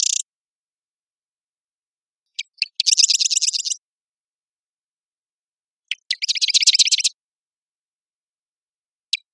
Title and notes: Marsh Wren - Cistothorus palustris - recorded at Marymoor Park in Redmond, WA